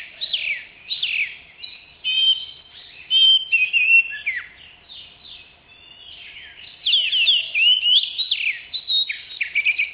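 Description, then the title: Oriental magpie-robin delivering varied whistled phrases and quick chirps in separate bursts, with a quieter gap before a strong closing flurry. "Kacer"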